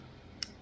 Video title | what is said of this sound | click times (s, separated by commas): "Panty Cakes" anyone⁉️😁 | is just simply turn it up to three cuz I'm taking three units and you'll hear it click. Listen. | 0.4 s